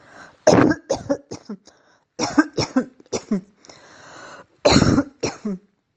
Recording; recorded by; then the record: voluntary cough; messaging app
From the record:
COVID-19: negative